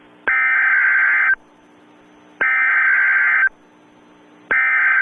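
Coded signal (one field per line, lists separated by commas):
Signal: Emergency Alert System (SAME) tones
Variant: header bursts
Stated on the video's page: EAS local area emergency from Alabama for black ice, inserted into a mock parody.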